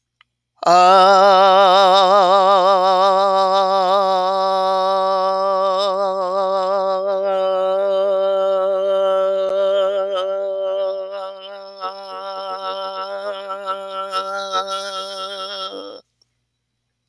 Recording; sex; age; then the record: vowel held as long as possible; female; 50 to 59 years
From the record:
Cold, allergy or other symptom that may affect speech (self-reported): no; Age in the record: 54 years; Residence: Georgia, United States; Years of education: 12